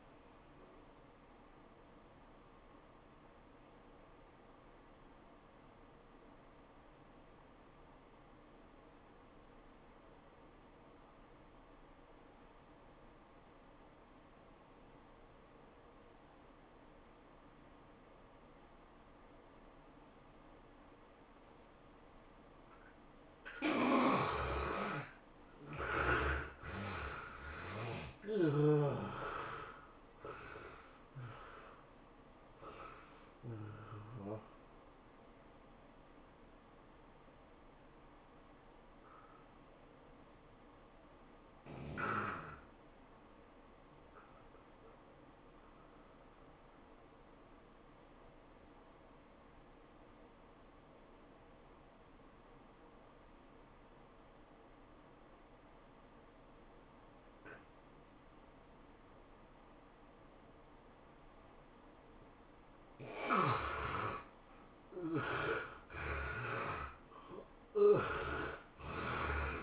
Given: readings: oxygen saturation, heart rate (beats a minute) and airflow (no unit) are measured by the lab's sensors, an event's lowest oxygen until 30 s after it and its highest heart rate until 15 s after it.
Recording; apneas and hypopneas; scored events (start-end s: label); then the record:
breathing in sleep by a voice recorder at the bedside; 2
3.00-22.30 s: obstructive apnea (N1, oxygen 95% highest, then 67% lowest, heart rate 81 at the start, 109 highest)
41.00-69.63 s: new sleep stage, N2 (light sleep)
47.00-62.60 s: obstructive apnea (N2, oxygen 96% highest, then 72% lowest, heart rate 97 at the start, 106 highest)
From the record:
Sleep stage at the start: N1 (lightest sleep); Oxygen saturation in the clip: 67 to 96%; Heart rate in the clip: 78 to 109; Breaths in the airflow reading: 10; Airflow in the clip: -15.1 to 16.6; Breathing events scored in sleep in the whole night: 403 in 5.5 hours asleep